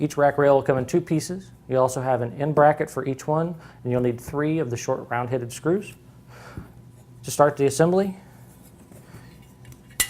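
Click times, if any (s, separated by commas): 10.0 s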